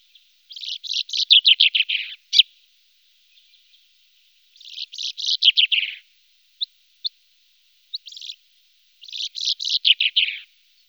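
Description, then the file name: Common chaffinch singing: three quick rattling phrases, each a run of bright notes tumbling downward over about a second and a half, the first ending in a sharp flourish. Recorded in a wetland area at Sissonne. "Pinson des arbres"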